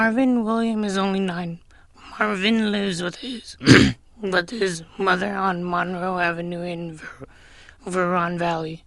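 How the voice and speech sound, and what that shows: Puberphonia in an adult speaker: connected speech in a persistently high-pitched voice, around 190 Hz, with short pauses between phrases.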